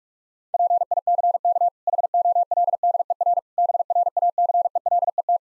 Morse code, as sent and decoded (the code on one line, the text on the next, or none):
.--. .. -.-. -.- / .... --- .-.. -.. . .-. / -... .-. .- -.-. . .-.. . -
PICK HOLDER BRACELET